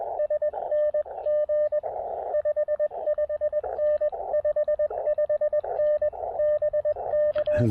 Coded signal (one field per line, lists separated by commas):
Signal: Morse code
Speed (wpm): 20 wpm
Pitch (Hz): 600 Hz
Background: radio noise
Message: SNG 55N 55N BK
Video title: Sometimes you just need a little POTA Radio Therapy